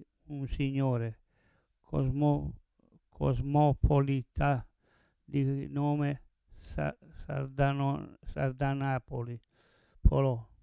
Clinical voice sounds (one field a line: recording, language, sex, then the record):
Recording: read passage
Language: Italian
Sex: male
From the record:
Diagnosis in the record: Parkinson's disease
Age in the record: 70 years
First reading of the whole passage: 112 s, 4.6 characters per second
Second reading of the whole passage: 107 s, 4.9 characters per second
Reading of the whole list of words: 68 s, 4.1 characters per second